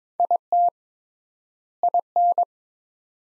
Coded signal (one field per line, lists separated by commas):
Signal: Morse code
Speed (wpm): 23 wpm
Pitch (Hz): 700 Hz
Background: none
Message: IT IN